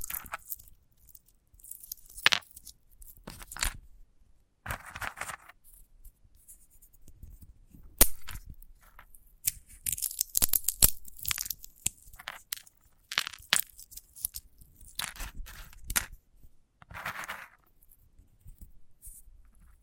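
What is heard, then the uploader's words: ASMR handling of a sunflower head: dry crackles, scratches and crisp snaps, mostly bright and hissy, come in irregular bursts separated by near-silent gaps. A sharp click near eight seconds and dense scratchy stretches around ten to eleven and thirteen to sixteen seconds stand out. ASMR of a Sunflower Head (No Talking).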